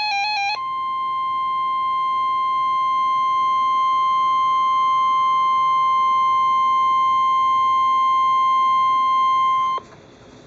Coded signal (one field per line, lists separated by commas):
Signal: Emergency Alert System (SAME) tones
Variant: 1050 Hz attention tone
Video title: Svr. T'stm Warning (EAS #445)